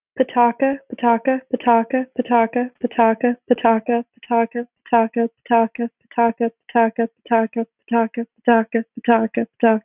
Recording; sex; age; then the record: repeated syllables /pa ta ka/; female; 20 to 29 years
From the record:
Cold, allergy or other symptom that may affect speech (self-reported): no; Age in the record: 24 years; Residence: Massachusetts, United States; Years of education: 16